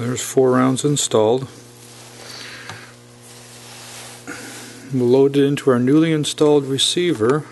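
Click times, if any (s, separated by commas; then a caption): none. A box magazine loaded with four rounds is handled and lined up with a newly installed magazine receiver on a Cooey 64 rifle, before being pushed in. Someone talks, and between the speech there is a low hiss with a single soft handling tap at 2.7 s. The magazine has not seated or clicked yet.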